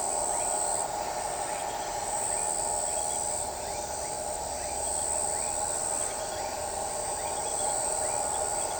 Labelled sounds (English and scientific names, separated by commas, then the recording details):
none
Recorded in shrubland near Pivijay, Magdalena, Colombia, on 14 April 2023 at 21:30
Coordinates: 10.453, -74.365
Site P5-G022